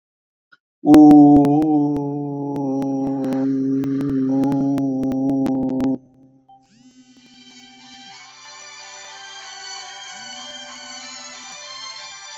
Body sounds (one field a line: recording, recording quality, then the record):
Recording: sustained vowel as in boot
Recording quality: moderate, slight background noise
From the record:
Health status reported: exposed to COVID-19, no respiratory illness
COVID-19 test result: not tested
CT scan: not taken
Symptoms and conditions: cold, fatigue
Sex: male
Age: 51 years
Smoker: no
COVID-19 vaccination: both doses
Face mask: worn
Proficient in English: yes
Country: India